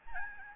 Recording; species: mosquito wingbeat signal from an infrared sensor; Aedes albopictus